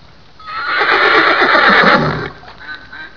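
Horse neighing: one shrill, quavering whinny that swells for about two seconds, then fades into softer, rough breathy sounds.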